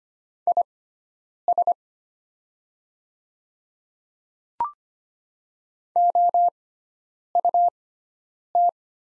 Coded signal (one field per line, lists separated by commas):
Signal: Morse code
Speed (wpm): 25 wpm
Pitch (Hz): 700 Hz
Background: none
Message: IS OUT